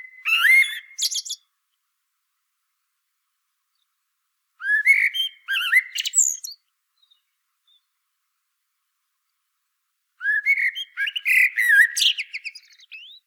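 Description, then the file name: Common blackbird giving three separate song phrases with pauses between them, each a brief mellow whistle that breaks into a squeaky, high twittering flourish. "Turdus merula"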